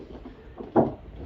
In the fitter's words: you'll feel and hear it click into its key way